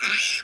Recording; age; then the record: pig call; piglet (1 to 25 days)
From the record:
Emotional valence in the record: negative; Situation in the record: castration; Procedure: castration, shear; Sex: male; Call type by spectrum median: high-frequency call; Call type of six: high-frequency stable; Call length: 0.44 s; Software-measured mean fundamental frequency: 294 Hz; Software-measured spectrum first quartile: 2324 Hz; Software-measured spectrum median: 3064 Hz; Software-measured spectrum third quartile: 5109 Hz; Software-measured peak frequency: 2629 Hz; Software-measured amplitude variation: 113 dB a second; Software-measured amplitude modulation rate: 14.8 a second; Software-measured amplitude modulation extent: 7.7 dB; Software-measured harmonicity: 2.4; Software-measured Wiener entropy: -2.12